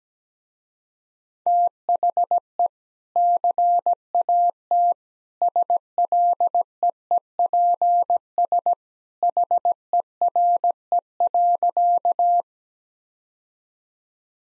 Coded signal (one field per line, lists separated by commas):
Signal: Morse code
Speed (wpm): 17 wpm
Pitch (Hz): 700 Hz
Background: none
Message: THE CAT SLEEPS HERE.